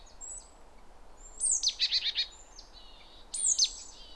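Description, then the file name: Great tit calls: a thin, high falling note leads into four or five harsh, buzzy pulses, then a second falling note with a short buzz; faint high whistles behind. "Parus major"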